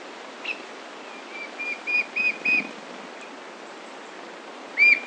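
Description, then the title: White-shouldered fire-eye giving a short run of soft whistled notes, a faint one first, then three together and a louder note at the end, over steady background hiss. "LuckyPassaro Completos2Sama. White-shouldered Fire-eye (Pyriglena leucoptera)"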